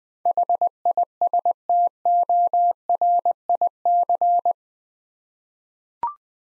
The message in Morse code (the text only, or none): HISTORIC